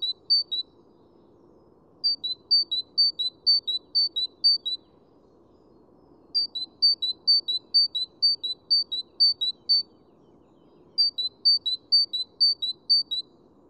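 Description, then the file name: Great tit song: four bouts of ringing two-note phrases, alternating higher and lower pitches, with pauses between, steady faint hum beneath. "Parus major"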